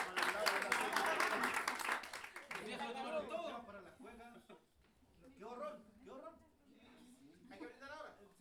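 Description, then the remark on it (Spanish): A burst of audience applause for improvising poets (repentistas) at the Escuela Superior de Jazz, dense and loud, fills the first couple of seconds, then fades out as a man begins speaking over the last of the clapping. “Un aplauso para ellos.”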